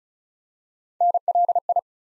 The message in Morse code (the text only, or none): NLI